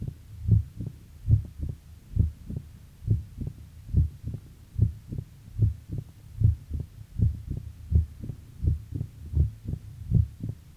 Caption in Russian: Тон открытия представляет собой самостоятельный высокочастотный и короткий звук, возникающий в самом начале диастолы, сразу после второго тона, когда открываются склерозированные и спаянные друг с другом створки митрального клапана. У больного с митральным стенозом на верхушке сердца усиленного первого тона и тона открытия митрального клапана, что создает характерную картину трехчленного ритма сердца.